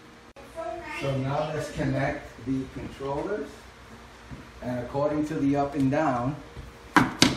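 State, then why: Seated. Someone talks, then a DualShock 4 game controller is pressed down onto the plastic contacts of a black PowerA DualShock 4 Charging Station (CPFA141325-02) for the Sony PlayStation 4. Two sharp clicks at 7.0 s and 7.2 s mark the controller seating and locking into the dock, where it begins charging.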